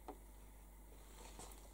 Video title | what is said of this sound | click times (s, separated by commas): Taglia e cuci Necchi N178 acquistata alla MD | sentite fare un click alzando | 0.1 s